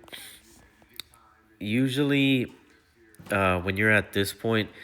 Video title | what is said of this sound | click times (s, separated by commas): HOW TO INSTALL MAYTAG WASHER WATER VALVE ( W11165546 ) | And you'll just hear them click back into place. | 1.0 s